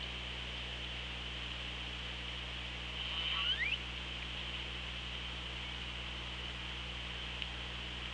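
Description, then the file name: Killer whale call: one short call with bright harmonic sweeps, heard once amid continuous underwater hiss and steady low hum. Recorded by the Orca Lab hydrophone on 24 August 2017 at 16:40. "Orca Lab UTLN JASON 20170824 164016"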